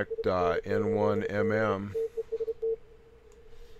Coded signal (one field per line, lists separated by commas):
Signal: Morse code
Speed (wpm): 31 wpm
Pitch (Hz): 450 Hz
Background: speech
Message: SN8B TEST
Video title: N1MM+ Flex 6700 contest example CQ WPX CW 2017